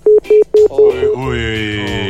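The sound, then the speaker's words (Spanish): Telephone line tones as a caller's line is cut off: five short, evenly spaced beeps at one steady mid pitch, followed by a louder sustained buzzing tone that holds to the end. “Se nos ha cortado la línea.”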